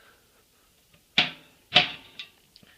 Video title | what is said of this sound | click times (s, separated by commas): How to change a tube on a road bike | on there I just have to push it down and it will pop into place just like that | 1.2 s